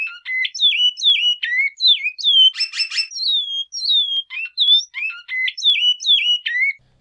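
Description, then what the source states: Great-billed seed finch singing a rapid run of slurred, falling whistles broken midway by a short harsh buzzy burst, then resuming the clear whistled notes. Mineirinho song type.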